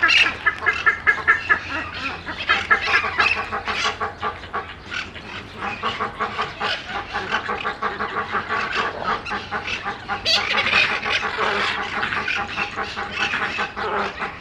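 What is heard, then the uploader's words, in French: Birds in a South American aviary call constantly, a dense chorus of rapid, honking and quacking cries layered over one another. The calling stays busy and loud throughout, with a sharper, brighter cry near the ten-second mark and a faint low hum underneath. Immersion sonore en Volière sud-américaine.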